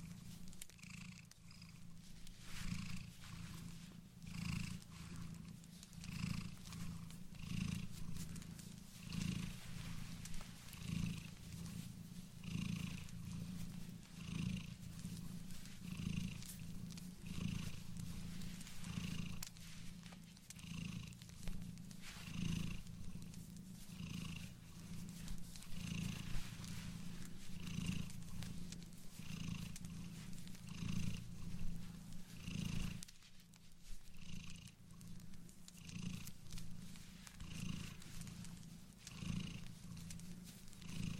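Knitting a blanket: needles tick and click in a steady, fairly quick rhythm for the whole stretch, with soft rustles between. Underneath runs a constant low, pulsing rumble much like a cat's purr, swelling and easing without pause.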